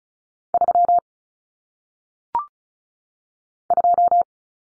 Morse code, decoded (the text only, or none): 3 2